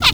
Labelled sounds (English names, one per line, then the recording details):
Zebra Finch kackle call
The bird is a female
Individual fem9